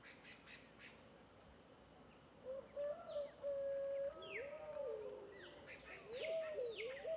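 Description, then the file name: Scaled dove coos begin after a quiet spell, long, low and gently arched, while other birds give high chirps at the start and sweeping whistles later. Several fogo-apagou (scaled doves) calling together in a bamboo grove. "Varios Passaros Fogo Apagou Juntos em Bambuzau"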